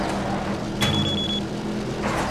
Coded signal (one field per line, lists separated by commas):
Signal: none